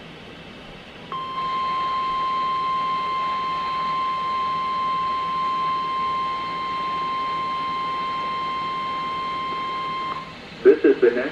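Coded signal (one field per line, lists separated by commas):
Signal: Emergency Alert System (SAME) tones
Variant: 1050 Hz attention tone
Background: speech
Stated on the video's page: NOAA Weather Radio transmitter at 162.425 MHz serving Hinton, WV, received on a Reecom R1630 radio.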